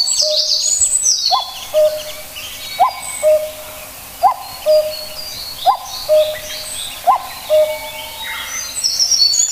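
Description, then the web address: Common cuckoo repeating a falling two-note cu-coo roughly every one and a half seconds, with high twittering songbirds in the background. "sikioto. kakkou"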